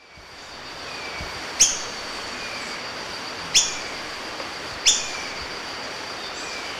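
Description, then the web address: Montane foliage-gleaner giving a few sharp, high clipped notes spaced over several seconds, over a steady broad hiss of background noise. Recorded in Ecuador. "Birds of Ecuador. Montane Foliage-gleaner"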